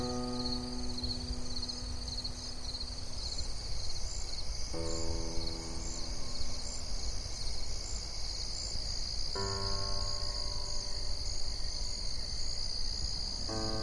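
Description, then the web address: Crickets keep up a dense, unbroken high drone while layered sustained tones enter and fade several times over low background rumble. "nhpr audio 2015 10 crickets soundlapseweb"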